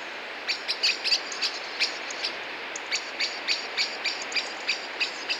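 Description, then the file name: Common blackbird giving sharp, clicking chink calls in a quick, uneven series, about three to four per second, over steady background hiss. "Turdus merula"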